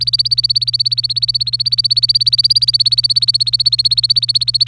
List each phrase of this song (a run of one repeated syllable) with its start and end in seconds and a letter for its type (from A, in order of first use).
0.01-4.67 A